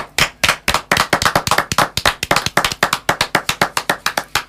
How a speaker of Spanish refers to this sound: este fuerte aplauso